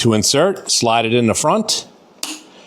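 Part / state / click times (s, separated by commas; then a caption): removable display unit into its handlebar mount on an electric bike / seated / 2.2 s. Someone talks while the removable display of a Mokwheel Basalt ST 2.0 electric bike is slid into its handlebar mount from the front and pushed home until its tabs lock; the display can be removed to cut power and prevent theft. After the talking fades, a single sharp click at 2.2 s marks the display seating in its mount.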